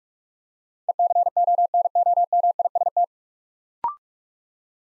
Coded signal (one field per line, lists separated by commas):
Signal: Morse code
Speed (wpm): 44 wpm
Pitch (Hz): 700 Hz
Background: none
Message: ECONOMIST